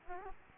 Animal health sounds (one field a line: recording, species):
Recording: mosquito wingbeat signal from an infrared sensor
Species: Aedes aegypti